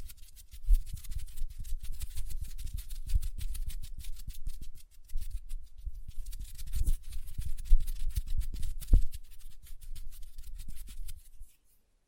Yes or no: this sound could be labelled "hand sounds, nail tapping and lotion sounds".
yes